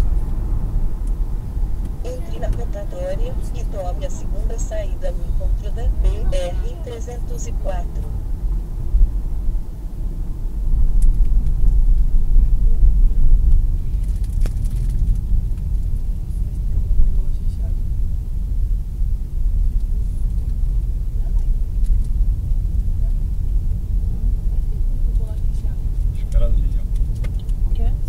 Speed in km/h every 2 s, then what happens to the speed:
84, 78, 68, 64, 57, 51, 44, 40, 38, 37, 38, 38, 40, 41.
0-19 slows to 37.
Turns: none.